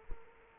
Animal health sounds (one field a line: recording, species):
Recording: mosquito wingbeat signal from an infrared sensor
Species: Culex quinquefasciatus